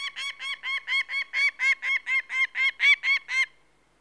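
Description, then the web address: Peregrine falcon: a run of many harsh, cackling notes at an even pace that stops abruptly, leaving quiet. "The BBC Sound Effects Library. Peregrine Falcon"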